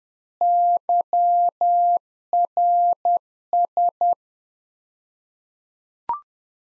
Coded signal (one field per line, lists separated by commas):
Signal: Morse code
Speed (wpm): 10 wpm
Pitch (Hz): 700 Hz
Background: none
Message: YRS